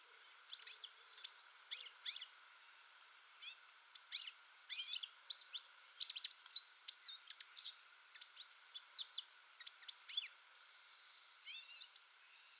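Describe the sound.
European goldfinch calls: a busy stream of high, quick twittering notes and short sweeping chirps, irregular and dense throughout, over a faint steady hum.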